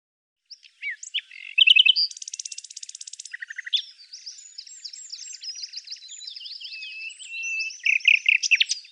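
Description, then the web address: Bird song: a long, rapid stream of high chirps, a buzzy rattle and varied twittering notes, continuing without pause for several seconds. "Deverinetal 2025"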